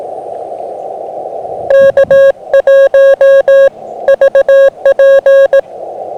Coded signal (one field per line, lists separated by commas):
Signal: Morse code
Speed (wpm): 17 wpm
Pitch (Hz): 1090 Hz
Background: music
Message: K1 VP